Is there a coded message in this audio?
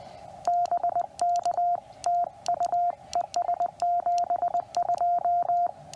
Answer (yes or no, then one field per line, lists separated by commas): yes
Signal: Morse code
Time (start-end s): 0.5-5.7 s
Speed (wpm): 18 wpm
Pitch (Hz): 700 Hz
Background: radio noise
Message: BK TU ES 72